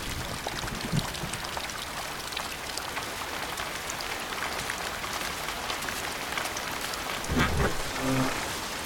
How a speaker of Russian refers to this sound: На улице идет дождь.